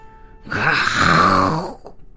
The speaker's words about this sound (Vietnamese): Tiểu Viêm phát ra một tiếng rít gào, huyết quang trên người bạo phát mà ra.